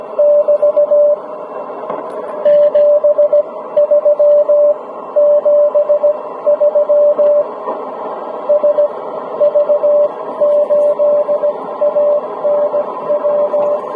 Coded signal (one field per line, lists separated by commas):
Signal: Morse code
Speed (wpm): 18 wpm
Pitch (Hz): 590 Hz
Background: radio noise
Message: <BT> 73 73 SV8ANW